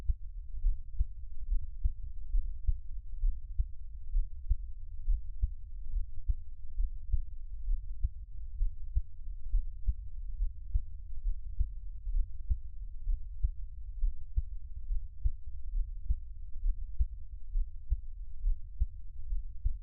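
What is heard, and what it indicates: Steady low heart thumps at about 67 beats a minute with a soft background hum, with no talking; an ordinary adult heartbeat, offered as Taiwanese ASMR.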